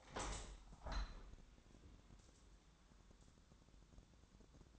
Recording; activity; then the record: daily activity, microphone in the room; open window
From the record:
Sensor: 3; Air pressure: 1000.4 hPa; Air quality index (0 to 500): 170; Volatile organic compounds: 3 ppm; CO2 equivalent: 1474 ppm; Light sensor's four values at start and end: 13/34/13/15 and 14/36/14/16